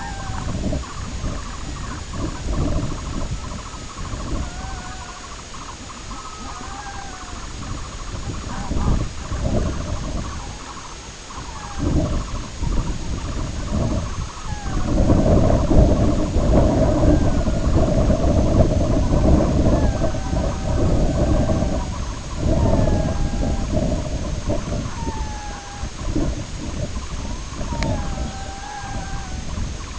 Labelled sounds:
Red-throated Loon (Gavia stellata), Sanderling (Calidris alba), King Eider (Somateria spectabilis)
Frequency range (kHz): Red-throated Loon (Gavia stellata) 0.5-2.4 kHz
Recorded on Arctic tundra, site IGLO-B, on 21 June 2018
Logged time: 09:59

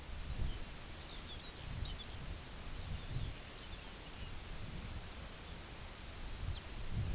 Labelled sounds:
Lapland Longspur (Calcarius lapponicus), unidentified sound
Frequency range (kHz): Lapland Longspur (Calcarius lapponicus) 2.2-6.7 kHz
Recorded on Arctic tundra, site UTQI-2, on 17 June 2019
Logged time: 14:00

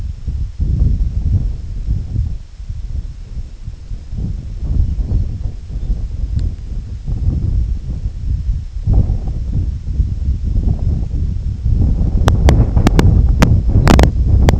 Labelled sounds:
Lapland Longspur (Calcarius lapponicus)
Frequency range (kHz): Lapland Longspur (Calcarius lapponicus) 2.6-4.8 kHz
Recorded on Arctic tundra, site IGLO-D, on 25 June 2018
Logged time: 06:00

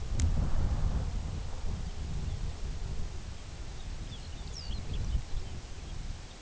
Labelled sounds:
unidentified sound, Lapland Longspur (Calcarius lapponicus)
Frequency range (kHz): Lapland Longspur (Calcarius lapponicus) 2.2-7.8 kHz
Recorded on Arctic tundra, site UTQI-2, on 17 June 2019
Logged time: 06:00

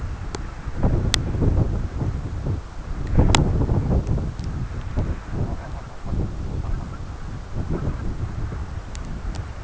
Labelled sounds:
King Eider (Somateria spectabilis), unidentified sound
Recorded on Arctic tundra, site CORI-1, on 11 June 2018
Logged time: 02:00

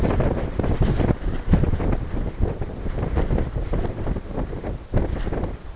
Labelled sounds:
none
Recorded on Arctic tundra, site NAIT-1, on 20 June 2018
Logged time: 23:00

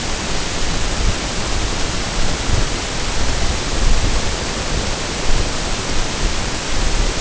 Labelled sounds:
none
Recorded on Arctic tundra, site NAIT-1, on 22 June 2018
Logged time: 15:00

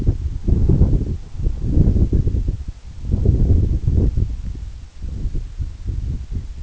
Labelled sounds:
none
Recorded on Arctic tundra, site EABA-1, on 29 June 2018
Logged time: 20:00

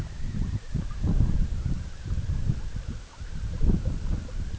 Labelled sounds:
none
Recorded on Arctic tundra, site EABA-MC, on 20 June 2019
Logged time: 14:00

